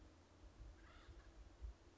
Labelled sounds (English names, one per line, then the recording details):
Acorn Woodpecker
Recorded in Sonoma County, California